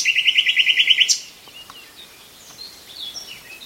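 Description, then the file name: Common nightingale song beginning with a quick series of about ten repeated notes and a sharp end note, then faint warbling. "Nachtegaal"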